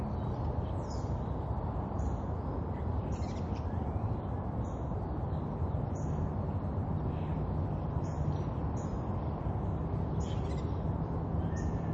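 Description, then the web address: Bird chirps, short high thin notes repeated roughly every second, some doubled, over a constant low roar of traffic. Urban ambience with birds chirping and distant traffic. "SFXBible ambience-urban-birds-chirp-distant-traffic"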